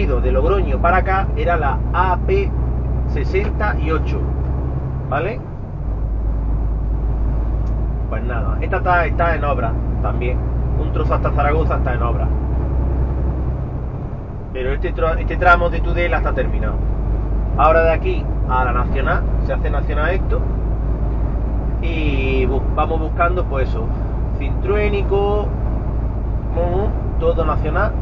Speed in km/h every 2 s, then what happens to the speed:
44, 50, 54, 55, 56, 59, 64, 65, 66, 68, 67, 68, 71, 70.
0-13 speeds up to 65. 13-28 steady at about 68.